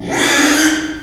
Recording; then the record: squeal of a Yucatan mini pig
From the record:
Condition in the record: after surgery on the right vocal fold (resection and tissue-engineered implant); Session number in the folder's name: 3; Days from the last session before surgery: 33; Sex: male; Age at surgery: 12 weeks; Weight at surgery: 13 kg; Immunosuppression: cyclosporine, prednisolone